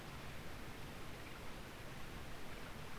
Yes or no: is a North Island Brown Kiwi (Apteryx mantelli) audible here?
no